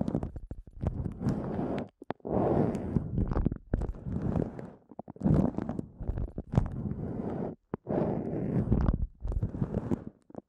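An ASMR eardrum massage of thick, rumbling rubs and crackles in dense bursts, pausing briefly about every two seconds.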